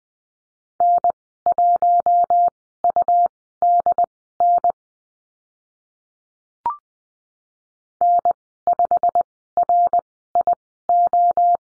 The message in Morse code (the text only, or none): N1UDN N5RIO